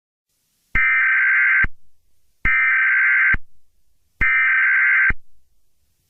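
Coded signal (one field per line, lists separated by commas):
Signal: Emergency Alert System (SAME) tones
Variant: header bursts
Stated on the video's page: Fictional zombie-apocalypse EAS scenario with altered Emergency Alert System tones.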